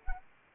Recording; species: mosquito wingbeat signal from an infrared sensor; Anopheles arabiensis